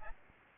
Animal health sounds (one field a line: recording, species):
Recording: mosquito wingbeat signal from an infrared sensor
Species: Aedes albopictus